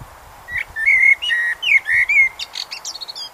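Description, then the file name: Common blackbird song: rich, whistled warbling notes sliding up and down, closing with a rapid high chattering twitter. "Turdus merula"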